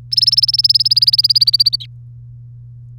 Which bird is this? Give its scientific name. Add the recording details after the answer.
Serinus canaria. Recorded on 3 May 2018 at 12:55. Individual llb3